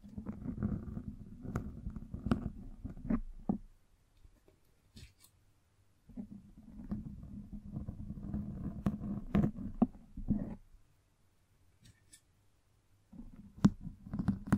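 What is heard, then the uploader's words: A microphone is brushed and scratched in three rough bursts, from the start to about 4 seconds, from 6 to 10.5 seconds, and again after 13 seconds. Each burst is a dense, low rustling with sharp clicks and scrapes. Near-silent gaps separate the bursts. Mic Brushing and Scratching.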